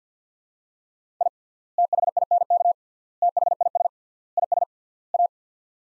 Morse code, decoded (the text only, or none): I THINK THIS IS A